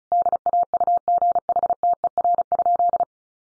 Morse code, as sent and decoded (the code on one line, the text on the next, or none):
-.. .- ..- --. .... - . .-. ..--..
DAUGHTER?